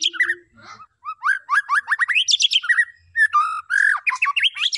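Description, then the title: White-rumped shama song: dense run of quick rising notes mixed with clear whistles, sung almost without pause. Lure song to make the bird respond; bird described as gacor (singing constantly). "PANCINGAN MURAI BATU GACOR, LANGSUNG RESPON"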